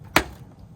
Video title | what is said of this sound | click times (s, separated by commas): Mini F56 How to install the OEM Piano Black Beltline 51135A0B944 Waistline Dechrome | hear that suddenly clipping it | 0.2 s